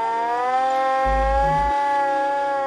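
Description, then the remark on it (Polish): A red hand-cranked fire siren atop a newly built tower beside a house wails with a steady, loud, layered tone that climbs slightly in pitch, while a deep rumbling thrum swells briefly underneath midway through. “Syrena wydała z siebie niskie buczenie, które stopniowo przechodziło w przenikliwe wycie.”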